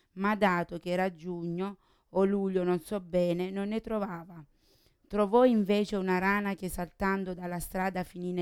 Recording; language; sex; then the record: read passage; Italian; female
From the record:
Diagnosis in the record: Parkinson's disease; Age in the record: 40 years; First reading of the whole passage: 61 s, 7.8 characters per second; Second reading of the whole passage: 52 s, 9.9 characters per second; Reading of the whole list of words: 55 s, 5.1 characters per second